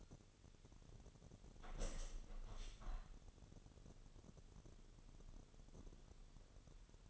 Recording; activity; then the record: daily activity, microphone in the room; open window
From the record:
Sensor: 4